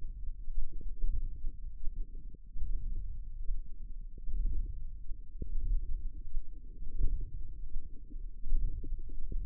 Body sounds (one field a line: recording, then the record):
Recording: forearm muscle sounds (acoustic myography)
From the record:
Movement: wrist flexion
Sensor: system 1, eight BSWA MPA416 microphones around the upper forearm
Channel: 8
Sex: female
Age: 22 years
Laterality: right